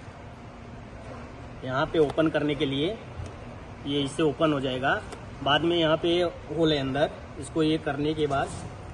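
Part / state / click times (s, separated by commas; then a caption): safety guard clip into tricycle frame socket / not seated / none. A safety guard clip is being handled at its mounting socket on a Little Olive 5 in 1 tricycle frame while a man talks over a low steady background hum. Nothing has seated or clicked yet.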